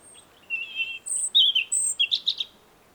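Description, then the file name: European robin song, a quick varied phrase of thin high whistles sliding between pitches, ending in a rapid trilled flourish. "Erithacus rubecula"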